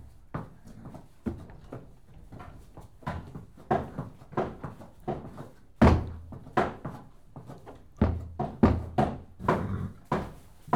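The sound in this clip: Horse kicking a stable door, many heavy booming thuds at irregular intervals, with a louder bang near the middle.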